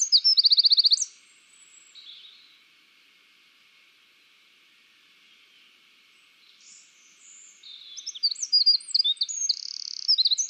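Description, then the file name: Eurasian wren: a shrill, rapid trill opens, then quiet, then a long, vigorous run of high, sharp twittering notes and trills. "Troglodytes troglodytes"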